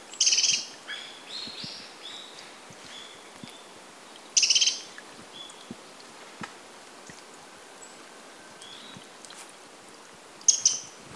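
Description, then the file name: Eurasian wren calls: three short, hard, very high rattling bursts spaced several seconds apart, with quiet background between them. "Troglodytes troglodytes"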